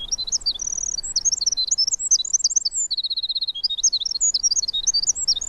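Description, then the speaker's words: Winter Wren song: a long, rapid, tumbling cascade of very high tinkling notes and trills, including short steady trills. Example of a small songbird whose song, when slowed down and lowered in frequency, reveals individual elements human ears cannot resolve. "Any small songbird, like the winter wren, once you start to slow it down, it develops this richness because now we're starting to hear the individual elements and we're lowering it to a frequency where our ears can pick it up."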